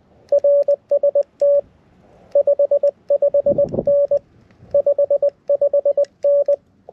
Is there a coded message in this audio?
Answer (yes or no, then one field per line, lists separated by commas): yes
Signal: Morse code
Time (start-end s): 0.3-6.5 s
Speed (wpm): 20 wpm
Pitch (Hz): 570 Hz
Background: none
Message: RST 55N 55N